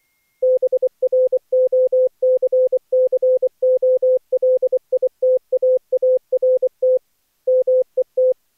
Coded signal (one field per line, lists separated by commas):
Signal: Morse code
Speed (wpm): 24 wpm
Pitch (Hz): 500 Hz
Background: none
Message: BROCCOLITAART MET